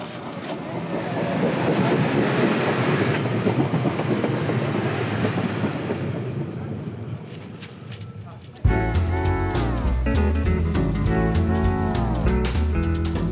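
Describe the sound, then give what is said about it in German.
A railcar rumbles steadily past on the tracks, a broad, loud roar that slowly fades, until it cuts off abruptly and a burst of tonal music takes over. “Leute, mal zur Information, da kommt noch ein Triebwagen, ja?”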